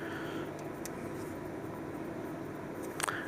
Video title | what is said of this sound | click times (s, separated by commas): Intake manifold replacement Ford Escape Mazda Tribute 2.3L Install Remove Replace | just kind of clip snapped into place hopefully that's | 3.0 s, 3.1 s